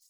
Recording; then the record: hydrophone in a shrimp aquaculture tank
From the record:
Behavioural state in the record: feeding